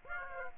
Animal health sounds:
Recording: mosquito wingbeat signal from an infrared sensor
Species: Aedes aegypti

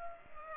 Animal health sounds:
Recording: mosquito wingbeat signal from an infrared sensor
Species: Culex pipiens

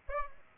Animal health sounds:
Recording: mosquito wingbeat signal from an infrared sensor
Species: Aedes aegypti

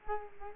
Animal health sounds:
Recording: mosquito wingbeat signal from an infrared sensor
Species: Culex quinquefasciatus

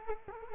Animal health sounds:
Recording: mosquito wingbeat signal from an infrared sensor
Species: Culex quinquefasciatus

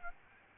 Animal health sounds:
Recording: mosquito wingbeat signal from an infrared sensor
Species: Aedes albopictus

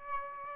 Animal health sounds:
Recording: mosquito wingbeat signal from an infrared sensor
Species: Aedes albopictus

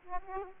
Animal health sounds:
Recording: mosquito wingbeat signal from an infrared sensor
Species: Aedes aegypti

